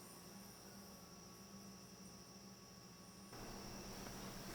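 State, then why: Not seated. The hood of a C7 Corvette under repair is lowered and pushed closed onto its striker, but it does not latch and has to be held down by hand, because the striker has shifted and is pulling the hood toward the driver's side. A steady, faint chirping hum with a constant high tone runs throughout, and a broader, slightly louder noise sets in around 3.3 s. Nothing has seated or clicked yet.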